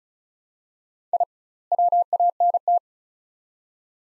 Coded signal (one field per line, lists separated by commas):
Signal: Morse code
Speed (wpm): 36 wpm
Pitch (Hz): 700 Hz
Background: none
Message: I WANT